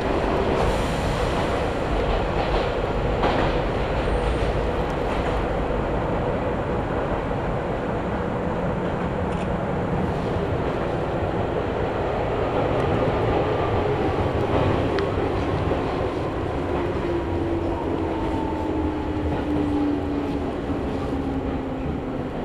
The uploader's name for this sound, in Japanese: 伊豆箱根鉄道 大雄山線 穴部→塚原→五百羅漢